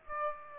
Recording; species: mosquito wingbeat signal from an infrared sensor; Aedes aegypti